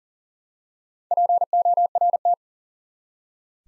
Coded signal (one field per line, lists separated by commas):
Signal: Morse code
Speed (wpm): 42 wpm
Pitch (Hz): 700 Hz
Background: none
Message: PORT